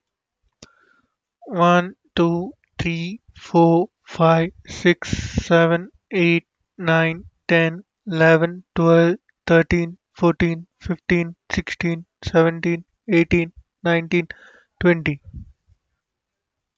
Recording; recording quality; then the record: counting at a normal pace; excellent, no background noise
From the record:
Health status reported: healthy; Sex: male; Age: 25 years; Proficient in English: yes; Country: India